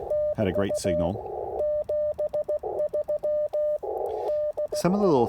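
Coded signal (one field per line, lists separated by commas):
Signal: Morse code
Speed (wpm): 16 wpm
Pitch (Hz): 600 Hz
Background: speech, radio noise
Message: TU 73 DE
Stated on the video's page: Parks on the Air activation at the NC Transportation Museum using an IC-705 and a CHA MPAS Lite antenna.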